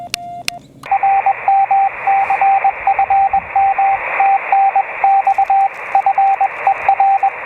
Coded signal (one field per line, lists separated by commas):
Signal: Morse code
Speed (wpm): 21 wpm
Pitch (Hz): 780 Hz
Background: radio noise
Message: RMC FM TNX FER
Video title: 15000km QRP DX via Solderless Breadboard ATU